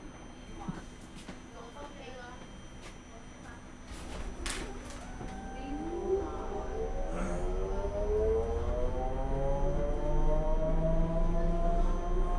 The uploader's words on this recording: MUNI Bus Ride in San Francisco. Listen to the sounds of a bus ride on MUNI in San Francisco.